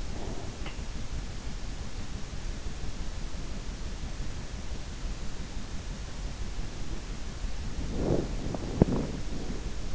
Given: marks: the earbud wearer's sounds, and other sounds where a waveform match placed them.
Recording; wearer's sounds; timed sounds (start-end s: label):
sounds in sleep by an in-ear microphone; breath, body movement
0.00-1.03 s: breath
7.90-9.83 s: body movement